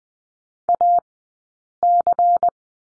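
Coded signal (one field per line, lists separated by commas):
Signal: Morse code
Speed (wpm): 20 wpm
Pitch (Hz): 700 Hz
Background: none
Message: AC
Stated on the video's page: Morse code course lesson on the slash character, sent at Farnsworth speed 20/10 wpm.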